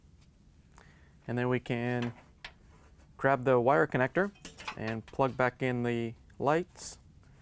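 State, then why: Not seated. A wire connector is handled for plugging back into the turntable motor under a GE microwave during a WB26X10038 turntable motor replacement. Someone talks while a few faint knocks and a brief sharp tap are heard. Nothing has seated or clicked yet.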